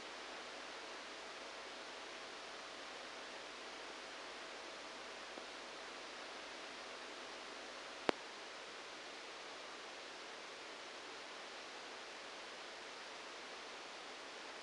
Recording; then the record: brain microelectrode recording played as sound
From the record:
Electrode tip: outside the subthalamic nucleus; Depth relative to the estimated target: -4 mm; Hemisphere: right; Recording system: NeuroSet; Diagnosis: Parkinson's disease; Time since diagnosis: 9 years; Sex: male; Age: 56 years